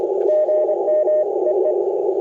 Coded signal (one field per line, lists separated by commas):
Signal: Morse code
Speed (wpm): 22 wpm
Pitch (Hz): 600 Hz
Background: radio noise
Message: GM EE